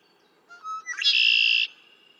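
Red-winged blackbird song: a couple of short notes leading into one harsh, buzzy trill lasting under a second.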